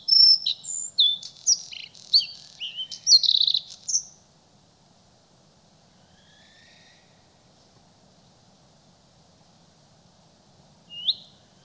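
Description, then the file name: Bluethroat song: a rapid jumble of varied chirps, twangs and buzzy notes for four seconds, then quiet, with one lone rising note near the end. "Blauwborst"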